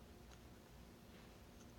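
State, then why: Not seated. A display ribbon cable connector is handled at the socket on the back of a replacement LCD screen panel for an HP 15z-ba000 laptop, ready to be pressed in. Only a steady low background rumble and a few faint, light ticks are heard. Nothing has seated or clicked yet.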